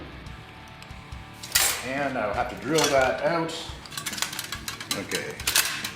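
A hand-forged steel spring catch for the falling bevor of a helmet is handled and worked while someone talks, with metallic clinks and clatter at 1.6 s and a run of sharp ticks between about 4.0 and 4.7 s. Nothing has seated or clicked into place yet.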